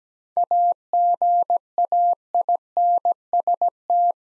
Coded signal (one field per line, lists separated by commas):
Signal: Morse code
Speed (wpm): 17 wpm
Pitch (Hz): 700 Hz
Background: none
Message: AGAINST